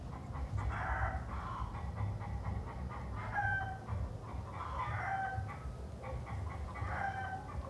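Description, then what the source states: Chickens clucking in short bursts over a steady low rumble. Hens clucking in a city; filed under rural ambience.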